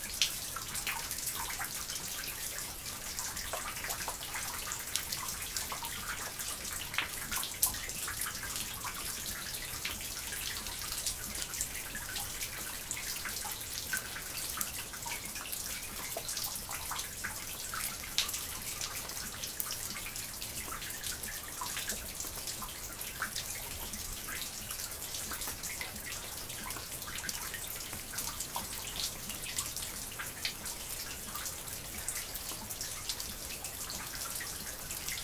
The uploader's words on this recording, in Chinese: 河流沙冰融化的声音。加拿大艾伯塔省和平与诺蒂克温河交叉口诺蒂克温省立公园。